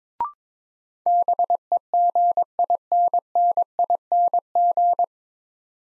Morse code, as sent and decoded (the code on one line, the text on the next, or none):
-... . --. .. -. -. .. -. --.
BEGINNING